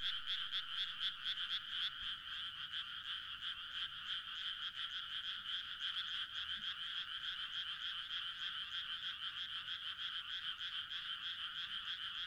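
A dense frog chorus of fast, high pulsed calls running continuously, with rapid overlapping repetitions throughout.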